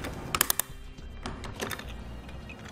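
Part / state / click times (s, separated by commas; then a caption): torque-limiting Allen tool tightening the roof rack tower bolt on a flush rail / torque reached / 0.3 s, 0.4 s, 0.5 s, 0.6 s. A torque-limiting Allen tool included with a Yakima RidgeLine roof rack for flush rails tightens the Allen bolt inside a rack tower on a 2019 Cadillac XT5. It clicks at set torque at about 0.3, 0.4, 0.5 and 0.6 seconds over background music, followed by a softer tap at 1.7 seconds.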